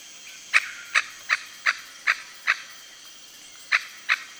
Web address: Red necked aracari. صدای-پرنده-پرزبان-گردنسرخ